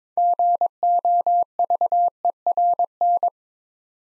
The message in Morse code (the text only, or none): GOVERN